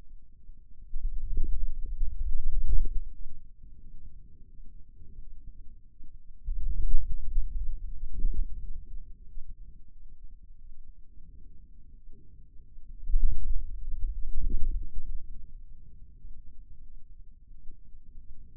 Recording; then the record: forearm muscle sounds (acoustic myography)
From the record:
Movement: hand closing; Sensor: system 2, bracelet of six BSWA MPA416 microphones around the upper forearm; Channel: 3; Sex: male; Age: 22 years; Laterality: right